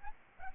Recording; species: mosquito wingbeat signal from an infrared sensor; Aedes albopictus